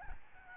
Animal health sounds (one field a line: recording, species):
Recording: mosquito wingbeat signal from an infrared sensor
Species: Aedes albopictus